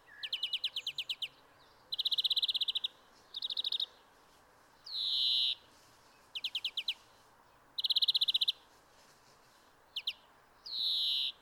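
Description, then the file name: European greenfinch song: rapid trilled twittering phrases around mid-high pitch interspersed with two nasal wheezy buzzes, repeated throughout against faint low background hiss. "Chloris chloris"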